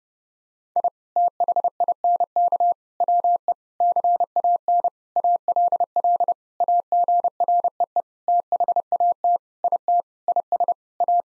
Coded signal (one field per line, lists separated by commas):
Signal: Morse code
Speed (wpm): 30 wpm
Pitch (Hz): 700 Hz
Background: none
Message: I THINK WE CAN ALL AGREE THAT IT IS A